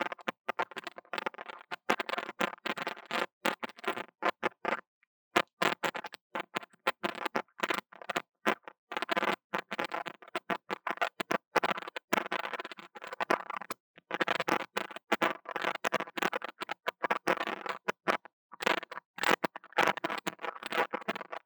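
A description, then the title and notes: Tapping and scratching on a small microphone, a dense, rapid run of crisp clicks and scrapes that barely lets up across the whole clip. Short pauses come around five and twelve seconds, and the sounds are bright. 刺痛觸發迷你麥克風. Tingles With Mini Mic Tapping & Scratching | Lo-fi | No Talking.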